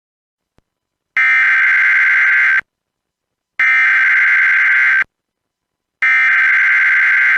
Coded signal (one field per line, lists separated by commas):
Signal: Emergency Alert System (SAME) tones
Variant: header bursts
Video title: EAS Alerts from the week of 11/21/2020 EAS#34 37